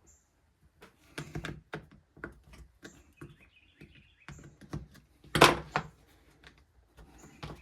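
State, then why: Not seated. Someone pushes down on a part with a locking tab on an MS201TC tool, producing a series of knocks and taps, the loudest around 5.4 and 5.8 seconds. The locking tab has not clicked into place, which is blamed on the parts being greasy.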